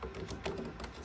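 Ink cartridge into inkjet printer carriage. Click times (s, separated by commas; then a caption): 0.3 s, 0.5 s. Magenta and cyan sublimation ink cartridges are pressed into their colour-matched slots in the carriage of an Epson inkjet printer. Short sharp clicks sound at 0.3 s and 0.5 s over a low, steady background. The cartridges are all clicked in and seated in place.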